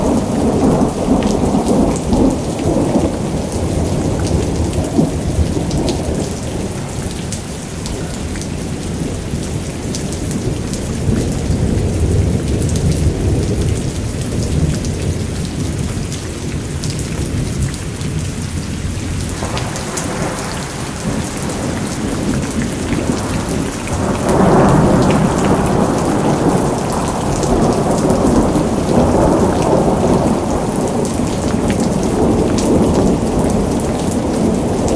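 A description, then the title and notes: Heavy rain pours down steadily in a dense, unbroken hiss. Low thunder rolls underneath throughout, with a deeper, louder rumble swelling in around the middle and again near twenty-five seconds before settling back into the downpour. THUNDER & RAIN _ Rainstorm Sounds.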